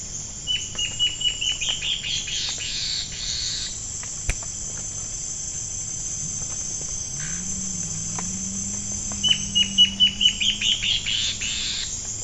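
Bird calls twice, each a rapid, quickening run of high sharp notes, separated by several seconds of steady hiss and a click.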